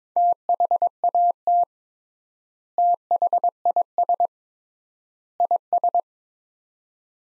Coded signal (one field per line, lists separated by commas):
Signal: Morse code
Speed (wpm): 22 wpm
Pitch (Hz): 700 Hz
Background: none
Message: THAT THIS IS